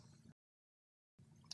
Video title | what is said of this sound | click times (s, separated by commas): Kodak Zi8 Front Screen Cover Replacement | gently slide downward until it clicks. | 1.5 s